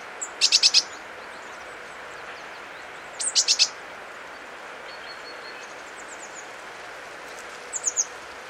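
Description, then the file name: Eurasian blue tit calls: short clusters of three to five high, thin notes repeated every few seconds, over steady background noise. "Cyanistes caeruleus"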